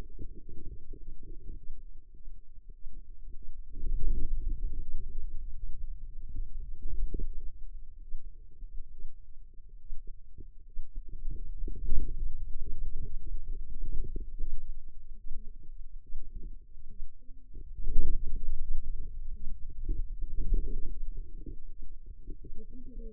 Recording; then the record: forearm muscle sounds (acoustic myography)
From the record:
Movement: hand opening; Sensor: system 2, bracelet of six BSWA MPA416 microphones around the upper forearm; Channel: 5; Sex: female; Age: 25 years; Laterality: right